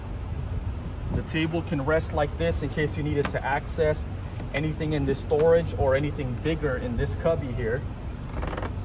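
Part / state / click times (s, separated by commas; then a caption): drop-down table latch into tailgate mount / seated / 8.6 s, 8.7 s. Someone talks while a metal drop-down table on a no-drilling dual drop-down tailgate table kit for a Lexus GX460 / Prado 150 tailgate mount is swung up. Two sharp latch clicks sound at 8.6 s and 8.7 s as the latches on both sides snap into their locked position, and the table is seated.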